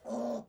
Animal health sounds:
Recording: pig call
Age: piglet (1 to 25 days)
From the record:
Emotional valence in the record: negative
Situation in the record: restrain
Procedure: back test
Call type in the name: low-frequency call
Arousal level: medium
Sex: female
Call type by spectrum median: low-frequency call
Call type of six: low-frequency stable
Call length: 0.49 s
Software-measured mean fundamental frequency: 74 Hz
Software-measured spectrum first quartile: 254 Hz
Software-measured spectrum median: 489 Hz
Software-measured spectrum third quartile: 650 Hz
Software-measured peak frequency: 589 Hz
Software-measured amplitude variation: 160 dB a second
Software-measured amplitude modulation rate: 17.5 a second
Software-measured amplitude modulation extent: 9.1 dB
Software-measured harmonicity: 3.2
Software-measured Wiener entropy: -0.23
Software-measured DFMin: 1011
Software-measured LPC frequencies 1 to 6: 585, 3620, 4436, 5915, 6845, 9183 Hz

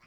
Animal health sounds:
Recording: pig call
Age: piglet (1 to 25 days)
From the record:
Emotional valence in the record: positive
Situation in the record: short reunion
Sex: male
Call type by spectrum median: low-frequency call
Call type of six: low-frequency tonal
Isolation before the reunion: 3 minutes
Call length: 0.07 s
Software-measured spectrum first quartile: 740 Hz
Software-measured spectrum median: 1615 Hz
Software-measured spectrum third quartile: 2658 Hz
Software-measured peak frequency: 167 Hz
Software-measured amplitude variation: 38 dB a second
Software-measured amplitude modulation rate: 7.2 a second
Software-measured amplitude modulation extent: 5.3 dB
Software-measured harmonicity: -1.0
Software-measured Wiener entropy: -0.62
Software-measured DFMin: 728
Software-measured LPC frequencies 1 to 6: 1219, 2352, 4873, 5569, 7313, 8408 Hz

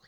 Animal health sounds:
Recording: pig call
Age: piglet (1 to 25 days)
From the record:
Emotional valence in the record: positive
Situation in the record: short reunion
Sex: male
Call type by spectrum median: low-frequency call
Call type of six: low-frequency tonal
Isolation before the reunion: 3 minutes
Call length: 0.08 s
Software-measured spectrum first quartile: 1185 Hz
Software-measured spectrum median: 2409 Hz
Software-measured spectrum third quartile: 4674 Hz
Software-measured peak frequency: 1888 Hz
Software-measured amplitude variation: 78 dB a second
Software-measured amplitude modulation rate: 6.2 a second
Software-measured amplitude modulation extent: 12.4 dB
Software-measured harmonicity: 1.6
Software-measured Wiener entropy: -1.45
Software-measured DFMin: 1473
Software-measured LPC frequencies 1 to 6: 627, 1860, 3427, 4576, 6416, 8108 Hz

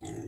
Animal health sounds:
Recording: pig call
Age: weaner (32 to 43 days)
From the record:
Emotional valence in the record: negative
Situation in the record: negative conditioning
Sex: female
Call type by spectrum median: low-frequency call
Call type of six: low-frequency stable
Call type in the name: low-frequency stable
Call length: 0.28 s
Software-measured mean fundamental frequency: 55 Hz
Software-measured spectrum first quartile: 263 Hz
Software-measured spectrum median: 472 Hz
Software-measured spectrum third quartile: 2645 Hz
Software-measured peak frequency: 327 Hz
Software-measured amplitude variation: 117 dB a second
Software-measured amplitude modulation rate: 28.8 a second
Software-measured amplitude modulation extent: 4.1 dB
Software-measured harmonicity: 4.4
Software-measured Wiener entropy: -3.45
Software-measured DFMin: 774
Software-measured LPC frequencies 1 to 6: 342, 1961, 3407, 4838, 6859, 7662 Hz

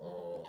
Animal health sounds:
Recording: pig call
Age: piglet (1 to 25 days)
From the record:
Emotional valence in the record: negative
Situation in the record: long isolation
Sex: male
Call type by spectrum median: low-frequency call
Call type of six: low-frequency tonal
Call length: 0.49 s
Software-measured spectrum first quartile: 412 Hz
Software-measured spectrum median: 515 Hz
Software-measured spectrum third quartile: 647 Hz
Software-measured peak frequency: 518 Hz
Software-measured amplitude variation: 84 dB a second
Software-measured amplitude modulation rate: 17.3 a second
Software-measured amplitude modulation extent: 4.8 dB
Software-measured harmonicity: 5.1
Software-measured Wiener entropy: -0.27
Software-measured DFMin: 1248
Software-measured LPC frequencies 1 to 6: 511, 874, 1838, 3006, 3544, 4288 Hz

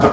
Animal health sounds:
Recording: pig call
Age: growing-finishing pig (85 days or more)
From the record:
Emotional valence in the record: positive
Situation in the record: run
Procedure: transit

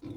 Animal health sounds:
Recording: pig call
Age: weaner (32 to 43 days)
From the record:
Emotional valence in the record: positive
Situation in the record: positive conditioning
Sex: female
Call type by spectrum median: low-frequency call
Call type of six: low-frequency stable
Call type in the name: low-frequency stable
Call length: 0.17 s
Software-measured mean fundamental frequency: 52 Hz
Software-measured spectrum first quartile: 157 Hz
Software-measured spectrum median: 277 Hz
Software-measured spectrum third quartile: 376 Hz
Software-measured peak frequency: 309 Hz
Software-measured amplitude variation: 165 dB a second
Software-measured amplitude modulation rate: 17.4 a second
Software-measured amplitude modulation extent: 9.5 dB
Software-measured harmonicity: 2.2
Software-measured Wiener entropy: 0.22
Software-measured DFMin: 1115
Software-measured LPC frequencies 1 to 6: 317, 1032, 2314, 3609, 4216, 5884 Hz

